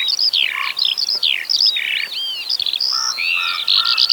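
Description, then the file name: Eurasian skylark singing a dense, fast mix of whistles, trills and buzzy notes, with some lower fluty notes near the end. "zhavoronok polevojj"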